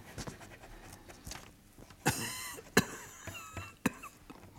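A few harsh, sharp coughs break out at uneven intervals, the first one ragged and drawn out, with faint breathy rasps in between and no talking.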